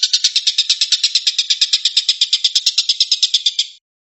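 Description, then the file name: Stork-billed kingfisher, a rapid run of scratchy, high notes in steady rhythm, cut off shortly before the end. Rapid call style known locally as tembakan, meaning shooting. "suara tembakan tengkek buto"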